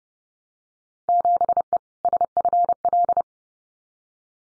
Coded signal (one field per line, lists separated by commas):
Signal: Morse code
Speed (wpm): 30 wpm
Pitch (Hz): 700 Hz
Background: none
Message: 7E SFL